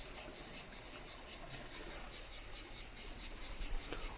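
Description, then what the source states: Cicadas in a rhythmic, high, buzzing chorus with evenly spaced pulses over quiet background noise. Cicadas calling as an ambient chorus in the morning at a Mediterranean calanque beach of gravel.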